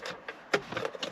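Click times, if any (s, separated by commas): 0.5 s, 1.0 s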